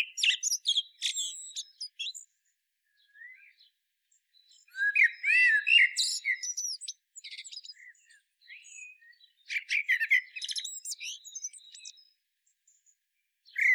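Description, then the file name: Common blackbird with three bursts of busy song, mixing mellow warbled notes and shrill squeaky twitters, separated by short gaps with faint chirps, another phrase starting at the end. "Turdus merula"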